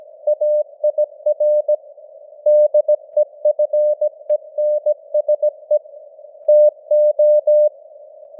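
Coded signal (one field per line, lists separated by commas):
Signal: Morse code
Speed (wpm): 17 wpm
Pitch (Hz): 600 Hz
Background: none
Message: AIR DEFENSE TO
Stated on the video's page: Simulated Morse news at 17 wpm with artificial radio noise and varying signal strength (QSB fading).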